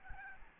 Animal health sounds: mosquito wingbeat signal from an infrared sensor; Aedes albopictus

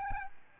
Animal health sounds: mosquito wingbeat signal from an infrared sensor; Aedes albopictus

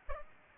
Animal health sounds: mosquito wingbeat signal from an infrared sensor; Aedes albopictus

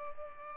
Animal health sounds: mosquito wingbeat signal from an infrared sensor; Culex pipiens

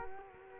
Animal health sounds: mosquito wingbeat signal from an infrared sensor; Culex quinquefasciatus

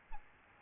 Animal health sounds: mosquito wingbeat signal from an infrared sensor; Aedes albopictus

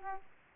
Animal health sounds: mosquito wingbeat signal from an infrared sensor; Aedes aegypti

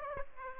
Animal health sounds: mosquito wingbeat signal from an infrared sensor; Aedes aegypti

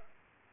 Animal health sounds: mosquito wingbeat signal from an infrared sensor; Culex pipiens

